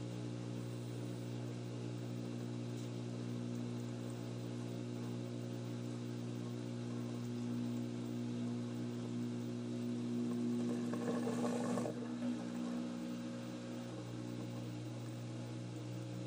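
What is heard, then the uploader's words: A washing machine runs with a steady low motor hum and a whine of fixed tones. Around eleven to twelve seconds a brief louder churning swell passes through, then the drone settles back to its even hum. ASMR Washing Machine.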